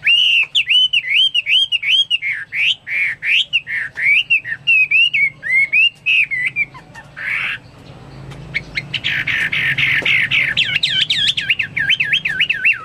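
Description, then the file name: Chinese hwamei giving rapidly repeated looping whistles, a brief rasp, then fast rolling warbled phrases. "omkicau hwamei"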